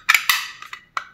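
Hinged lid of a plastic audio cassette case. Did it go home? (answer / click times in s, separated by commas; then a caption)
no / none. The hinged lid of a used plastic audio cassette case, which had been stuck, swings on its hinge and is pressed closed. Sharp plastic clacks sound at about 0.1, 0.2 and 0.3 seconds, softer taps at 0.6 and 0.7 seconds, and another sharp tap at 1.0 second. The lid has not snapped or locked shut; nothing has clicked into place yet.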